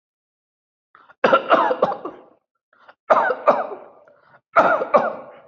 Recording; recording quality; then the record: heavy voluntary cough; excellent, no background noise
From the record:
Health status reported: healthy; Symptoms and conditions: none ticked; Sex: male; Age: 54 years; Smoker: not ticked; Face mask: not worn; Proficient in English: yes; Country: India